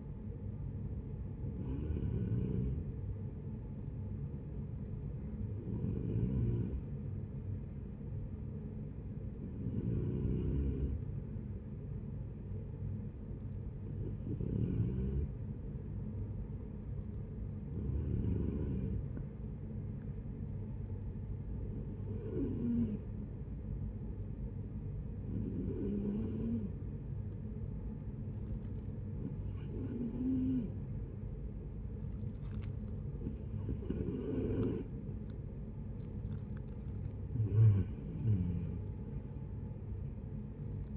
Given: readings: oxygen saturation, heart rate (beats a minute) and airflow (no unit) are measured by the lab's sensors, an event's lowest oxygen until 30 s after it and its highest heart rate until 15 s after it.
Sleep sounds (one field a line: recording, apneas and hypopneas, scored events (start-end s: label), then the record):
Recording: breathing in sleep by a smartphone at the bedside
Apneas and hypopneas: 1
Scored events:
18.00-36.50 s: hypopnea (N2, oxygen 92% highest, then 89% lowest, heart rate 75 at the start, 75 highest)
From the record:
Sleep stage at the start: N2 (light sleep)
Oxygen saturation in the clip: 90 to 93%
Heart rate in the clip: 66 to 76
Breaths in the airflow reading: 10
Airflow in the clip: -12.0 to 7.4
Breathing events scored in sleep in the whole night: 496 in 5.4 hours asleep